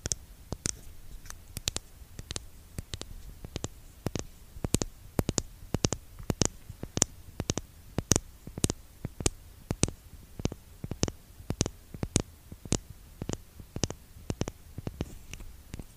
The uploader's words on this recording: Asmr lipgloss tapping. Canon g7x: *blue yeti microphone.